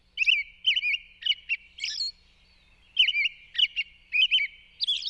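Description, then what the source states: American robin evening song: quick clusters of high whistled, warbled notes in two bursts with a brief pause between, a soft steady high hum running beneath throughout. Evening song with ethereal whispered notes added to the carol, sung from sunset until dark.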